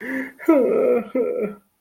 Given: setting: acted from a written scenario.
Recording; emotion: vocal sound without words; sadness